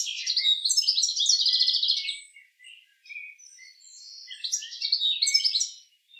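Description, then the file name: Bird song in two bursts of high, rapid twittering and trilled notes, the first lasting about two seconds, then softer scattered notes before a second burst. Recorded in Detmold. "Vogel. Detmold Timo Tetschner"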